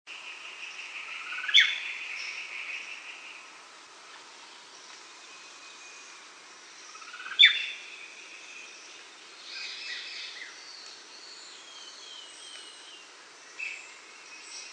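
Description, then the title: Greyish Mourner giving two clear rising whistled calls about six seconds apart, with fainter high chirps afterwards. Nominate subspecies simplex. "LuckyPassaro Completos2Sama. Greyish Mourner (Rhytipterna simplex simplex)"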